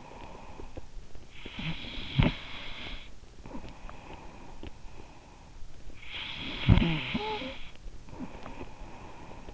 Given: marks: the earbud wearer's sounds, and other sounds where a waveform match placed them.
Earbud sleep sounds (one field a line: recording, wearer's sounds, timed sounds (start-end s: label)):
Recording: sounds in sleep by an in-ear microphone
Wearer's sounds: snoring breath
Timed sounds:
0.00-0.96 s: snoring breath
1.18-9.54 s: snoring breath